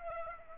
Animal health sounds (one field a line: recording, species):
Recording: mosquito wingbeat signal from an infrared sensor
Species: Aedes aegypti